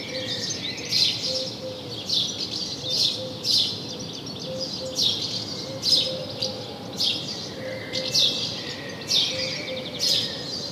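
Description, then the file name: House sparrow chirps repeated in lively bursts, harsh and metallic, with a faint low tone pulsing underneath. "Passer domesticus"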